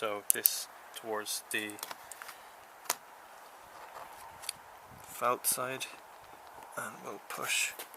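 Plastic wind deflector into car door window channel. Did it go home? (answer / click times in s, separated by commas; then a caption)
no / none. An aftermarket plastic wind deflector is handled at a BMW car door window channel, ready to be pushed up until its retaining clip clicks in. Someone talks over a few faint handling taps and sharp ticks, the loudest near 2.9 s. Nothing has seated or clicked yet.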